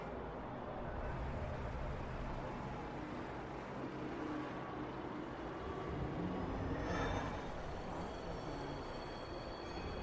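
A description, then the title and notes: Futuristic city ambience: a dense, steady rumble of traffic-like noise, heavy in the lows, runs throughout. Faint whirring tones drift above it, and around seven seconds a brief bright swell rises, followed by thin high whines that linger to the end. Futuristic city ambience.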